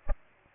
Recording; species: mosquito wingbeat signal from an infrared sensor; Aedes aegypti